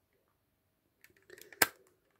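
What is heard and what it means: Two plastic shell halves of a Sony PlayStation PS3 Move navigator controller are pushed together by hand after its rechargeable battery is replaced, taking care not to crimp the ribbon cable inside. A few faint plastic ticks and creaks build from about 1.0 s, then one loud, sharp snap comes at 1.6 s. The shell halves are seated.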